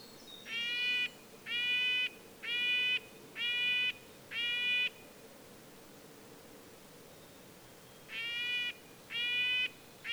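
Red-breasted nuthatch repeating nasal, tin-horn notes about once a second, five in a row, a pause, then three more, over faint hiss.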